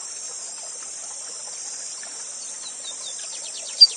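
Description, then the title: Lined seedeater song: a few quick descending whistled notes, then a rapid series of sharp repeated strokes, over a steady loud hiss of falling water. Bigodinho called Gavião Negro, used as a song-teacher bird (professor de canto), singing live beside a waterfall. "Novo Canto de Bigodinho. Bigode Gavião negro professor de canto cantando ao vivo com cascata!"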